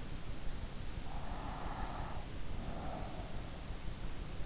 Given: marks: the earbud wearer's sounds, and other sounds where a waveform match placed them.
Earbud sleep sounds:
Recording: sounds in sleep by an in-ear microphone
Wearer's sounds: breath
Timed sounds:
0.86-3.73 s: breath

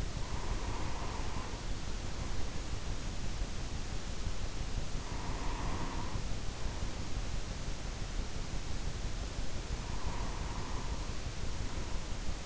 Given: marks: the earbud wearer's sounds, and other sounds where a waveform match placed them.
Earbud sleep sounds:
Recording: sounds in sleep by an in-ear microphone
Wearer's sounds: breath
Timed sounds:
0.00-3.05 s: breath
4.87-7.41 s: breath
9.65-12.46 s: breath

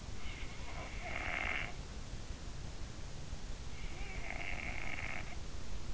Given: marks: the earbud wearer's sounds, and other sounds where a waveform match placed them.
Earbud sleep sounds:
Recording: sounds in sleep by an in-ear microphone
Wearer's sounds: snoring breath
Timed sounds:
0.28-2.08 s: snoring breath
3.74-5.74 s: snoring breath

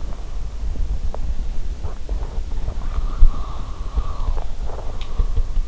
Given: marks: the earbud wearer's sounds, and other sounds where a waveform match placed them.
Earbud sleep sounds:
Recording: sounds in sleep by an in-ear microphone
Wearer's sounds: body movement, breath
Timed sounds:
1.80-5.68 s: body movement
2.82-5.46 s: breath

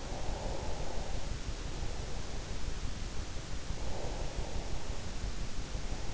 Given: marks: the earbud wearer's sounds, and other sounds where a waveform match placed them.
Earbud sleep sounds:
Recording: sounds in sleep by an in-ear microphone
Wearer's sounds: breath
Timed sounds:
0.00-2.69 s: breath
3.59-6.04 s: breath

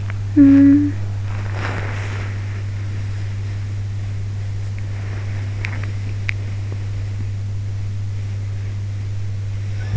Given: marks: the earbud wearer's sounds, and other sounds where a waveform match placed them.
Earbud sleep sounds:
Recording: sounds in sleep by an in-ear microphone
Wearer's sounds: talking in sleep, body movement, swallowing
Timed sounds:
0.00-1.92 s: talking in sleep
2.17-4.11 s: body movement
5.10-6.61 s: swallowing

